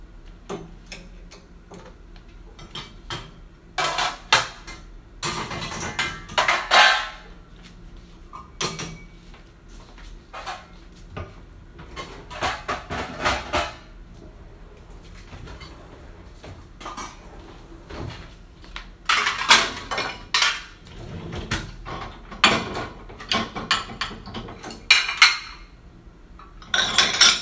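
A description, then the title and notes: Clean dishes and cutlery clink and clatter in bursts as they are unloaded from a dishwasher and set in place. Taking out clean dishes from the dishwasher, and put them in place.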